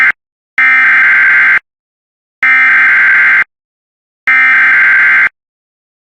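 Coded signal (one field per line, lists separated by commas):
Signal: Emergency Alert System (SAME) tones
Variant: header bursts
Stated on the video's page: IPAWS weekly test alerts.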